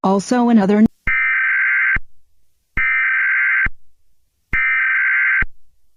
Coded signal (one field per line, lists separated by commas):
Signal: Emergency Alert System (SAME) tones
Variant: header bursts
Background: speech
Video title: EAS Scenario: Kiarol